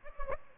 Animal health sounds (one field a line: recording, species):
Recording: mosquito wingbeat signal from an infrared sensor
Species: Aedes aegypti